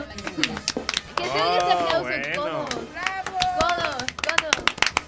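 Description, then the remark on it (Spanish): A few people clap in sharp, uneven bursts while excited voices cheer and call out over the top, the clapping thinning to scattered claps toward the end. “Que se oiga ese aplauso, bueno.”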